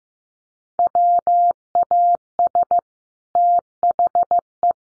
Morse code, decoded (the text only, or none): WAS THE